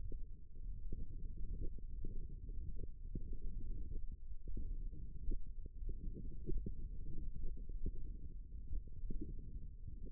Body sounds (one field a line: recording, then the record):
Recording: forearm muscle sounds (acoustic myography)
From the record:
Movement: finger pinch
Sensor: system 1, eight BSWA MPA416 microphones around the upper forearm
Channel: 3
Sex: male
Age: 18 years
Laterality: right